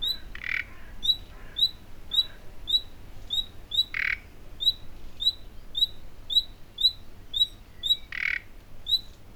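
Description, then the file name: Common nightingale whistling short high notes over and over, with harsh croaking notes breaking in several times. "Luscinia megarhynchos"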